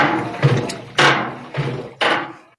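Very rhythmic whooshing pulses with a low thud about once a second: blood-flow sounds of an adult's heartbeat on an echocardiogram, picked up by a microphone or sensors placed on the chest during a heart test before hernia surgery.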